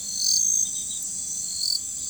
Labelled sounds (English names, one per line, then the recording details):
none
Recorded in forest near Pivijay, Magdalena, Colombia, on 14 April 2023 at 00:00
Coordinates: 10.467, -74.380
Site Z5-G034